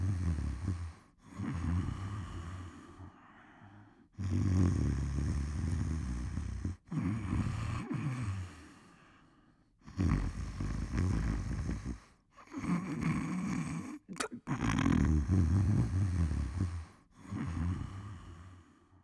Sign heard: Snore.